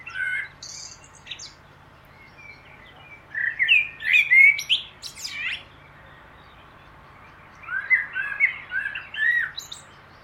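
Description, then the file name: Common blackbird song in a few phrases, rich warbling notes with high, scratchy twittering, quiet gaps between them and a low steady hum behind. "Turdus merula"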